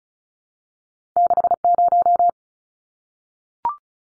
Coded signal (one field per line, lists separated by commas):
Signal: Morse code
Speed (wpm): 34 wpm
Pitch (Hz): 700 Hz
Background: none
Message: 60